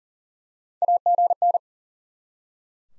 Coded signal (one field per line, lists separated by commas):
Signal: Morse code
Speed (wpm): 40 wpm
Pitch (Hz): 700 Hz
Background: none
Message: AGN